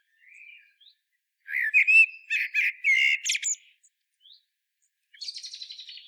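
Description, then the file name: Common blackbird song: a soft opening note, then a strong, mellow warbling phrase with a squeaky ending, and finally a scratchy high twitter. "Turdus merula"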